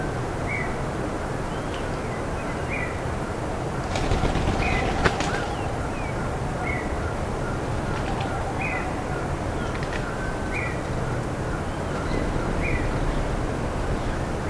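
Bird calls: short high chirps repeated every second or two, with a few sharp clicks, over a constant loud rushing noise.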